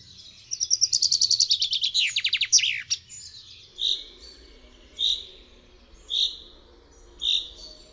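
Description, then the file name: Common chaffinch song, a bright descending trill of rapid notes ending in a quick flourish, followed by single sharp call notes repeated roughly once a second. "ZIEBA"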